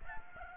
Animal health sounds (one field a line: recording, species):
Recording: mosquito wingbeat signal from an infrared sensor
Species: Aedes albopictus